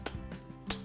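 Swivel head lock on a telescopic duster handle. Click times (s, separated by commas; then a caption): 0.7 s. The side button on the plastic swivel head of a telescopic duster is pressed, the head is moved to a new angle, and the button is released. A sharp click at 0.1 s and a softer tick near 0.3 s are followed by a loud click at 0.7 s as the head locks into place at the new angle.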